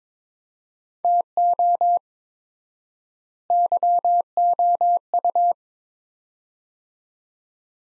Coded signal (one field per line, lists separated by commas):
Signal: Morse code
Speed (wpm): 22 wpm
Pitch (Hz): 700 Hz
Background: none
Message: TO YOU